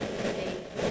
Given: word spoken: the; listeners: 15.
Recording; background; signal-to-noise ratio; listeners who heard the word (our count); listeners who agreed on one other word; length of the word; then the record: one English word in noise, from a listening test; noise modulated by three-talker babble; -7.0 dB; 0 of 15; 6 of 15; 0.51 s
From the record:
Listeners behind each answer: 6, 1, 1, 1, 1, 1, 1, 1, 1, 1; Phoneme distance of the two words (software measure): 20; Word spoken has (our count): 1 syllable, 2 phonemes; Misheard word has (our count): 1 syllable, 2 phonemes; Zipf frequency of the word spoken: 7.67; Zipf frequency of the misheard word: 5.18